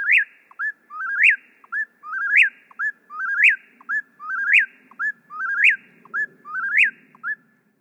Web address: Whip-poor-will (Eastern)